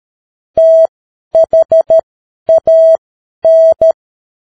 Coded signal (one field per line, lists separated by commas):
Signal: Morse code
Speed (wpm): 13 wpm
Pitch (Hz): 650 Hz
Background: none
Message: THAN